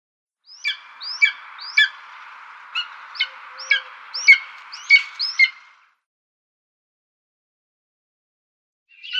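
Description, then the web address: Spotted eagle uttering sharp, downslurred yelps at irregular intervals over a steady hiss, followed by silence and one final note at the end. "Schulze Peter Spotted Eagle"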